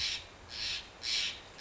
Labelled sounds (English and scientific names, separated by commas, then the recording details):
Steller's Jay (Cyanocitta stelleri)
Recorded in Sonoma County, California